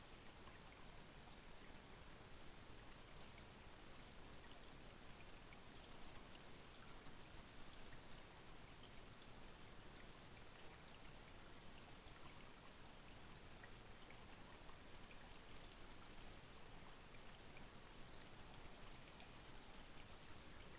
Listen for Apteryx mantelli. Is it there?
no